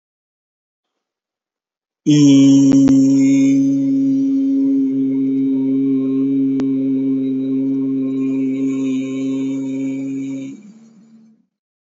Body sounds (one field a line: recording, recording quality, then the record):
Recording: sustained vowel as in beet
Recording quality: excellent, no background noise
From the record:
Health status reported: healthy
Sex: male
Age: 28 years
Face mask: not worn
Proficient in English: yes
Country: India